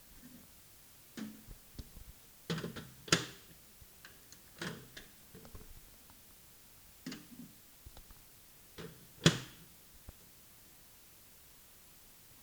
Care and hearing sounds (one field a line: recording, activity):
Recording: daily activity, guitar pickup as the sensor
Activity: use microwave